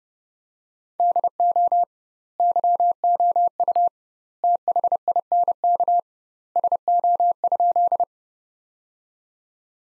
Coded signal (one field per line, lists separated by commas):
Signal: Morse code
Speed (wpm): 32 wpm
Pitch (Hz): 700 Hz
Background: none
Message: DO YOU THINK SO?